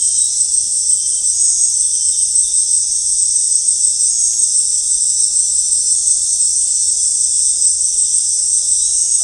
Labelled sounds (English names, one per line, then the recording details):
none
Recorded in dense forest near Puerto Asís, Putumayo, Colombia, on 15 December 2024 at 18:30
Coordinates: 0.499, -76.324
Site G045